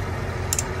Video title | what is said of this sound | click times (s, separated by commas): 2022 Winnebago Ekko 22A Poptop WALKTHRU | hear that click so that | 0.5 s